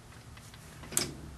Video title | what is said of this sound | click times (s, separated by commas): Swaging press adapter nut With lathe problems | locks in just a fuzz before the line | 1.0 s